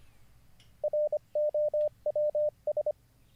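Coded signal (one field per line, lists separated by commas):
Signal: Morse code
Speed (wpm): 25 wpm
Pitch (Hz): 600 Hz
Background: radio noise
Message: ROWS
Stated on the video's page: Morse code learning livestream lesson.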